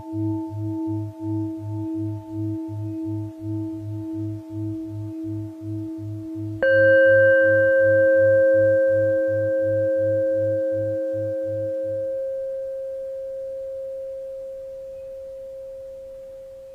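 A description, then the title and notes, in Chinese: A singing bowl hums with a low, quickly pulsing wobble and a faint steady ring above it for the first twelve seconds. At about six and a half seconds a clear strike rings out, bright at first, then settling into one pure tone that slowly fades. 眼频率221.23Hz丨颂钵。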